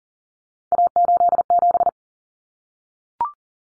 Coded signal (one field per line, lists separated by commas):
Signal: Morse code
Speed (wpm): 40 wpm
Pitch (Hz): 700 Hz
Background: none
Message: A87